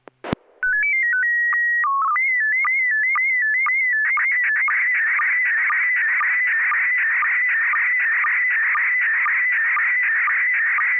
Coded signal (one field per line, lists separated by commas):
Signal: SSTV (slow-scan television)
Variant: PD 120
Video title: N6NA SSTV Net - 04/22/2026